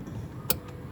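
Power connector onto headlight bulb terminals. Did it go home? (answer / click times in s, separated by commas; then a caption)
yes / 0.5 s. A three-pin power connector is pushed onto the three prongs of a new Osram Night Breaker halogen headlight bulb on an Xpander. A single sharp click is heard at 0.5 s over a low, steady background hum. The connector is locked and fitted on the bulb.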